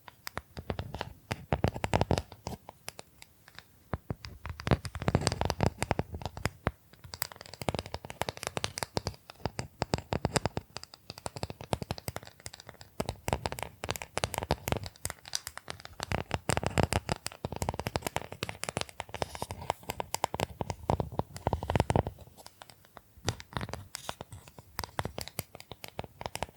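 Bamboo is tapped, scratched and brushed in a dense, busy stream of quick dry clicks and rasps that barely pause. Fuller, rougher bursts of scratching swell around five seconds and again between sixteen and twenty-two seconds, with lighter, sparser tapping in between.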